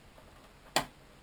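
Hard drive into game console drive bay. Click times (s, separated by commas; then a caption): 0.8 s. A hard drive is pushed into the drive bay of an Xbox 360 Slim game console. After a quiet stretch, a single sharp click sounds at 0.8 s as the drive latches, then fades quickly. The drive is seated.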